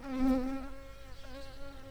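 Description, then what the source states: Shrill carder bee buzzing: a steady droning hum with a rich, reedy tone, wavering slightly in strength and pitch. Workers.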